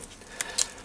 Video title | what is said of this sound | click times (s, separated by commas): Bench Vice Buffing/Polishing Machine & Toolpost Drive Tool TM-2 | you just push it home and it clicks into place on the ball groove that | 0.4 s, 0.6 s